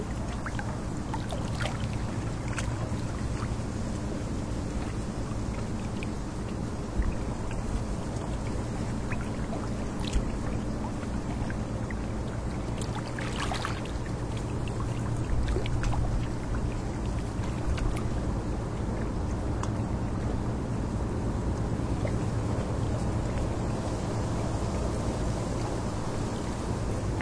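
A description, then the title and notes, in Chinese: A boat passes in a riverside bay, its engine a steady low rumble with a faint hum that holds for the whole half minute. Light wind brushes by, and a few brief knocks and splashes stand out near seven, ten and thirteen seconds. 江畔轻风舒，湾内轮船过。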